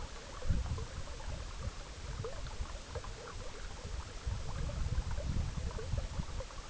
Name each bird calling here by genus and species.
none